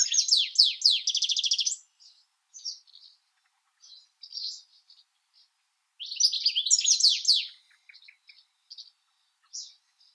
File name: CSHegol Carduelis carduelis